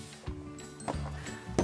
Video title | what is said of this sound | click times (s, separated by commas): I Spy A Hidden Camera" NIGHT WELL Photo Frame Hidden Camera Review | so now the frame's snapped back in place. | 1.6 s